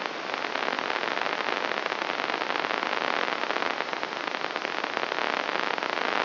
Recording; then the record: brain microelectrode recording played as sound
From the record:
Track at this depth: outside the subthalamic nucleus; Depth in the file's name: 1.313 mm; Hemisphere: left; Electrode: 3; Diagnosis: Parkinson's disease